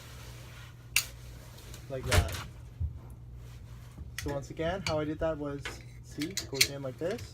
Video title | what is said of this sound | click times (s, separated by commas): HOW TO REPLACE A SOLENOID VALVE | how you do that is very easy you just have to pull out the coil I should snap out like | 1.0 s